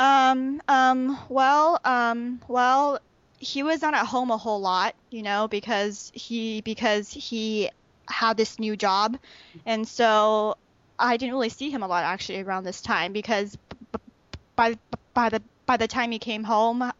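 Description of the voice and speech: A woman speaks in conversation with repeated word and phrase repetitions ("because he, because he", "by, by the, by the"), drawn-out fillers and frequent pauses. This pattern of disfluency fits stuttering, a speech disorder that interrupts the smooth flow of speech.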